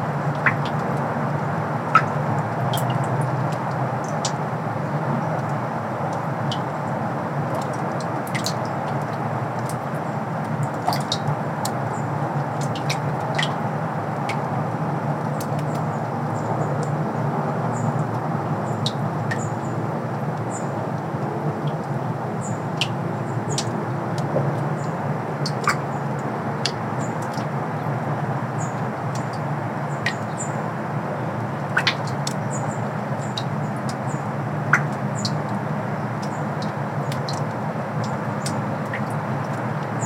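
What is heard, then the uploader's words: Melting snow drips off a bridge in a steady, scattered patter of sharp little ticks and plinks, a few every second, with no pause. Underneath runs a constant low rumble, like traffic, and a faint thin high whine holds throughout. Hidden Winter Sound Bath (Wahlfield Park Bridge). Day-old snow melts off of a bridge on the Wahfield Park trail, creating a delicate, echoing Michigan winter sound bath.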